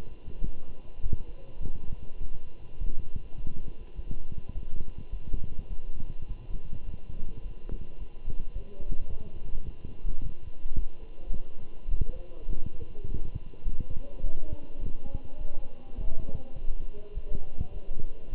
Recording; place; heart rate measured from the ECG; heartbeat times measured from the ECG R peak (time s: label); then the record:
heart sounds by stethoscope; between the tricuspid and mitral areas; 104 bpm
0.43 s: heartbeat
1.02 s: heartbeat
1.61 s: heartbeat
2.20 s: heartbeat
2.79 s: heartbeat
3.37 s: heartbeat
3.95 s: heartbeat
4.54 s: heartbeat
5.11 s: heartbeat
5.69 s: heartbeat
6.28 s: heartbeat
6.86 s: heartbeat
7.43 s: heartbeat
7.99 s: heartbeat
8.54 s: heartbeat
9.10 s: heartbeat
9.65 s: heartbeat
10.21 s: heartbeat
10.76 s: heartbeat
11.32 s: heartbeat
11.90 s: heartbeat
12.48 s: heartbeat
13.06 s: heartbeat
13.64 s: heartbeat
14.22 s: heartbeat
14.80 s: heartbeat
15.38 s: heartbeat
15.97 s: heartbeat
16.55 s: heartbeat
17.14 s: heartbeat
17.73 s: heartbeat
18.31 s: heartbeat
From the record:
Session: walking at 3.7 km/h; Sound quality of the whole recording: good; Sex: male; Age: 24 years